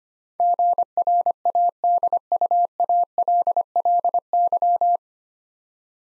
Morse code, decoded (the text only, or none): GRADUALLY